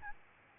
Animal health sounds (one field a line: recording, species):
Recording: mosquito wingbeat signal from an infrared sensor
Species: Aedes albopictus